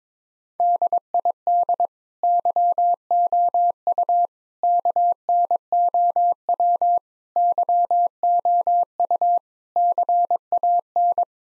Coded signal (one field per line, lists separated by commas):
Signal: Morse code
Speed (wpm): 21 wpm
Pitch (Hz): 700 Hz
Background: none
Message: DID YOU KNOW YOU CAN